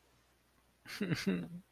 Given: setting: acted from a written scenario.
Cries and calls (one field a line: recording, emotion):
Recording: vocal sound without words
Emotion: shame